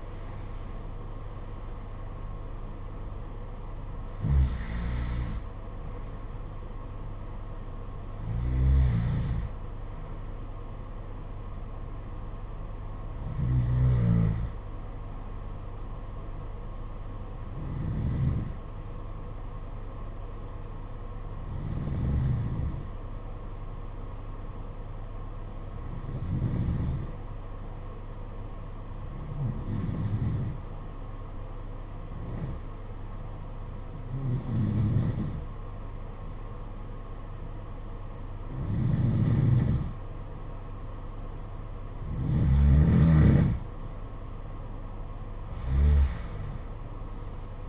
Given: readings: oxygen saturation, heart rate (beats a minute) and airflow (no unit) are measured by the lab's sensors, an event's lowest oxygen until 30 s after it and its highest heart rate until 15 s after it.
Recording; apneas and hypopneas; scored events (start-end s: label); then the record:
breathing in sleep by a smartphone at the bedside; 1
19.00-43.30 s: hypopnea (N1, oxygen 95% highest, then 91% lowest, heart rate 48 at the start, 67 highest)
26.00-47.69 s: new sleep stage, N2 (light sleep)
From the record:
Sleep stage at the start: N1 (lightest sleep); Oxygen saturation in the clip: 89 to 95%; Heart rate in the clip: 47 to 80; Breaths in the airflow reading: 13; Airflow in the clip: -12.1 to 11.0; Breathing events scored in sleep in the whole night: 476 in 9.7 hours asleep